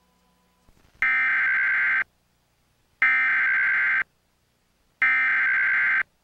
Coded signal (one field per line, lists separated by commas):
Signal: Emergency Alert System (SAME) tones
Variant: header bursts